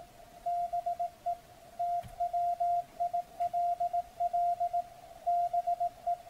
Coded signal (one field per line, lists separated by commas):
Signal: Morse code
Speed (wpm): 18 wpm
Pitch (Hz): 700 Hz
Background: none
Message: BE T WILL BE